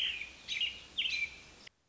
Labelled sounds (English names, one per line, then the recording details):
American Robin
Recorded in Sonoma County, California